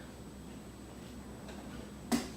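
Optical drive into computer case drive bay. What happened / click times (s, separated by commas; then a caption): The drive clicked into its bay / 2.1 s. An optical drive is slid into a computer case's drive bay and pushed until it seats. After a quiet stretch, a single sharp, bright click sounds at 2.1 s, and the drive clicks into place in the bay.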